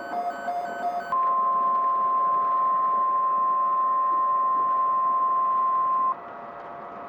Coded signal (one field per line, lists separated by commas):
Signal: Emergency Alert System (SAME) tones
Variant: 1050 Hz attention tone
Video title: EAS Scenario #1 - Nature's Wrath